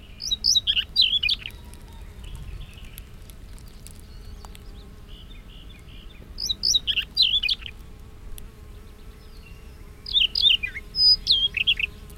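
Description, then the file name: Siberian rubythroat giving three brief, high, twisting warbled phrases spaced several seconds apart, with quiet pauses and a faint low rumble between them. "rubythroat-siberian -Calliope-calliope"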